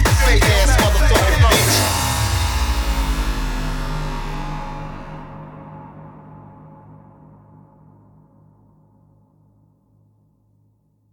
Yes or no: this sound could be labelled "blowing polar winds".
no